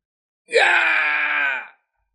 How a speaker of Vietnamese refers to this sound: Một tiếng hét thảm khác được truyền đến, một vị cường giả thần tộc khác cũng khó tránh được tai nạn, trực tiếp bị bắn chết, hóa thành một chuỗi máu dài, như mưa to trút xuống phía dưới.